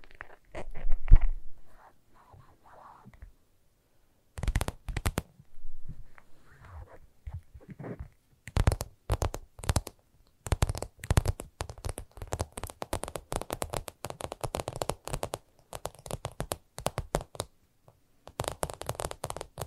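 ASMR tapping: soft, irregular taps and low thumps for the first few seconds, then a pause around three to four seconds. From about eight seconds on, crisp, bright taps come quickly and densely in clusters, with a short break near eighteen seconds.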